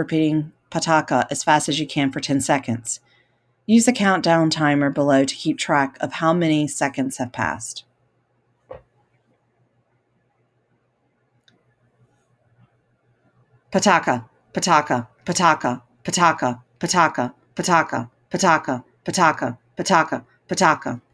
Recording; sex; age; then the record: repeated syllables /pa ta ka/; female; 40 to 49 years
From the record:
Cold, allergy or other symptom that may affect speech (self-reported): no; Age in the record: 43 years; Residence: North Carolina, United States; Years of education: 20